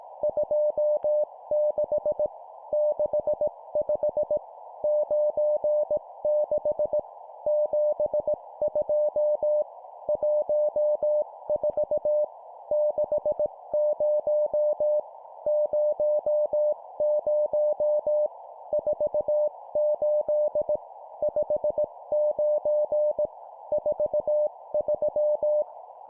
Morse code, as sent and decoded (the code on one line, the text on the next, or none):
..--- -.... / -.... ..... / ----. -.... / --... ..--- / .---- ....- / -.... ----- / ----- ----- / ....- ---.. / ..... ----. / ....- ...--
26 65 96 72 14 60 00 48 59 43